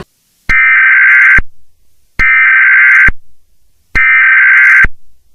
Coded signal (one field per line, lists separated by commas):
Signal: Emergency Alert System (SAME) tones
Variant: header bursts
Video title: Fake EAS Scenario — The Lurking Ones